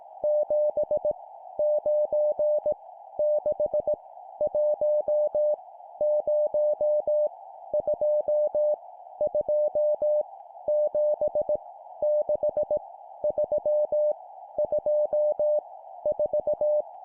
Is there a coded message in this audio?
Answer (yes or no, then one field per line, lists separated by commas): yes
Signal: Morse code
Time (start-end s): 0.2-16.8 s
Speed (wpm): 18 wpm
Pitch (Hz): 600 Hz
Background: music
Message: 7 9 6 1 0 2 2 7 6 3 2 4